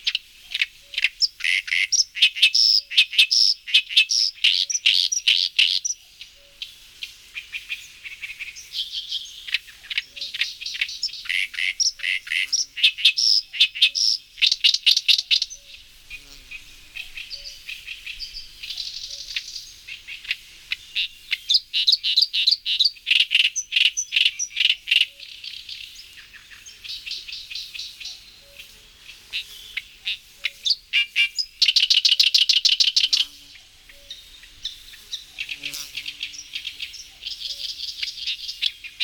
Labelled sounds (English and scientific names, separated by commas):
Oriental Reed Warbler (Acrocephalus orientalis) song